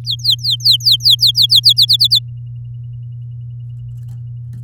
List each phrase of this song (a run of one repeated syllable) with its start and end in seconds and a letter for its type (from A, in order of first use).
0.04-1.73 A, 1.76-2.19 B